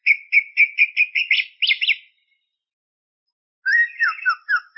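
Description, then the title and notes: Greater green leafbird song: a run of quick repeated whistled notes near four per second, then a pause and a second burst of varied slurred, descending phrases. Described as a champion songbird; chirping song. "Kicau Burung Cucak Ijo Juara. Suara kicauan burung cucak ijo"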